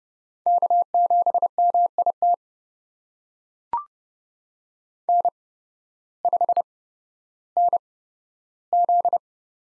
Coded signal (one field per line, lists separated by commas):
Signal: Morse code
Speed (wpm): 30 wpm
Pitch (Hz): 700 Hz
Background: none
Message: K7MIT N5NZ